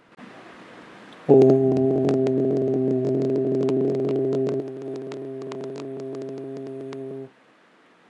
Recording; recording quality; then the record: sustained vowel as in boot; excellent, no background noise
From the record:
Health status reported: healthy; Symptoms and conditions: none ticked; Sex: male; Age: 37 years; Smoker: not ticked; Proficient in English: yes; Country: India